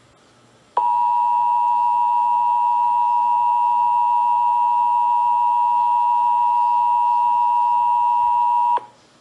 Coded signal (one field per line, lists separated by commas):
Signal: Emergency Alert System (SAME) tones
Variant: 853 and 960 Hz attention tone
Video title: (EAS #127-130) March 2022 Texas Required Monthly Test [1 of 2] (WBAP-AM, KPXD-TV, KSCS-FM, KERA-FM)